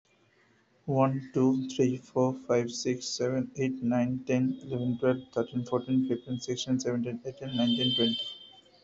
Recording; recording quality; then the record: counting at a fast pace; excellent, no background noise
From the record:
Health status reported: healthy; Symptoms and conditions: asthma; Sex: male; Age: 31 years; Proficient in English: yes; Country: India